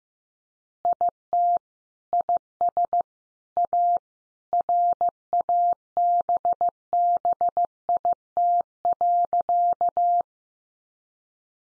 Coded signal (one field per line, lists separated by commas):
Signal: Morse code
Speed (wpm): 15 wpm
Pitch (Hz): 700 Hz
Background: none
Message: IT IS A RABBIT.